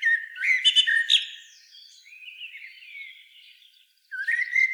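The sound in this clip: Common blackbird song: a loud mellow phrase with squeaky high notes, a soft drawn-out warble, then the start of another clear phrase.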